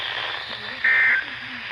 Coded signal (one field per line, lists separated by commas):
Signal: Emergency Alert System (SAME) tones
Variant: end-of-message bursts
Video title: EAS #196 - Flash Flood Warning